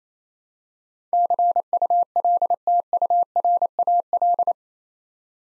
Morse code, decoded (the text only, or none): CULTURAL